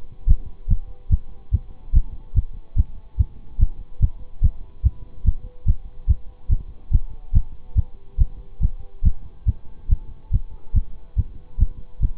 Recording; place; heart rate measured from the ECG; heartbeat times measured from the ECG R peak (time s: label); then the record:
heart sounds by stethoscope; between the tricuspid and mitral areas; 143 bpm
0.27 s: heartbeat
0.68 s: heartbeat
1.10 s: heartbeat
1.52 s: heartbeat
1.93 s: heartbeat
2.34 s: heartbeat
2.76 s: heartbeat
3.17 s: heartbeat
3.59 s: heartbeat
4.00 s: heartbeat
4.42 s: heartbeat
4.83 s: heartbeat
5.24 s: heartbeat
5.66 s: heartbeat
6.07 s: heartbeat
6.49 s: heartbeat
6.91 s: heartbeat
7.33 s: heartbeat
7.75 s: heartbeat
8.18 s: heartbeat
8.61 s: heartbeat
9.03 s: heartbeat
9.46 s: heartbeat
9.89 s: heartbeat
10.31 s: heartbeat
10.74 s: heartbeat
11.16 s: heartbeat
11.58 s: heartbeat
12.00 s: heartbeat
From the record:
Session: bicycle stress test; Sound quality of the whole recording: good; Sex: male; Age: 26 years